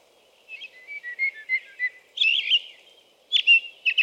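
American robin singing quieter whistled phrases that step gently downward, then a few louder, squeakier phrases.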